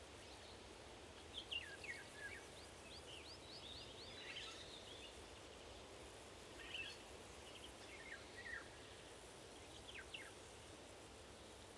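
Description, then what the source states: Eurasian golden oriole calls: quick series of squeaky, chattering notes, with scattered short bursts repeated every couple of seconds over a steady noisy background. Several orioles, described as talking.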